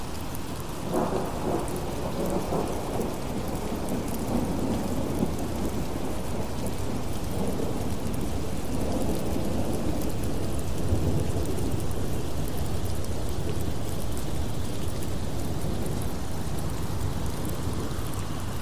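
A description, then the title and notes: Steady, dense rain hisses evenly throughout, with a constant level and no pauses. Low, deep rumbles of thunder roll underneath, swelling around the first few seconds and again near the middle, blending into the continuous downpour. Thunderstorm Sounds With Rain White Noise.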